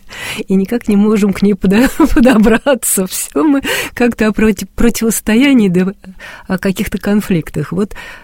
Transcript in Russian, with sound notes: и никак не можем к ней подобраться! (Смеется.) Все мы как-то о противостоянии да о каких-то конфликтах.